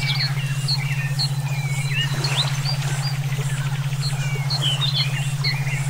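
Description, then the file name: Songbirds singing, quick whistled chirps, slurred notes and a brief rattling trill, layered above a steady low droning tone. Used for songbird song training (omkicau), with brainwave therapy audio. "terapi brainwave omkicau"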